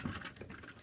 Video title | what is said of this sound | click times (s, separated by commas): DS200 - Rock County WI | so you're just pushing this in until it locks in place | 0.4 s